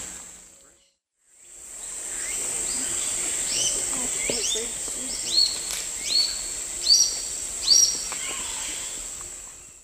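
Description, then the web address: Orange-eyed flatbill song: a short series of rising notes that grow stronger, over a steady high insect drone. South America, eastern lowlands. "Natures Songs S America Eastern Lowlands Tolmomyias traylori, song"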